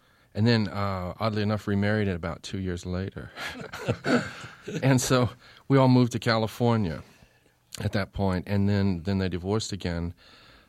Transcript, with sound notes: and then oddly enough remarried about two years later.
(SOUNDBITE OF LAUGHTER)
And so we all moved to California at that point, and then they divorced again.